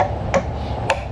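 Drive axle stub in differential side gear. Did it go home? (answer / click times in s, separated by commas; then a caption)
no / none. A drive axle stub in a differential side gear is pried and wiggled with a dull screwdriver to pop its retaining clip out of the differential. Two short, sharp metallic knocks sound at 0.3 s and 0.9 s over a steady low background. The axle shaft has not popped out and nothing has clicked free yet.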